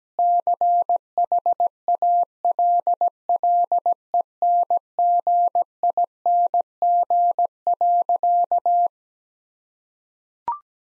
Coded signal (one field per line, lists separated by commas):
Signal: Morse code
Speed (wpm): 17 wpm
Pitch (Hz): 700 Hz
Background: none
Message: CHALLENGING.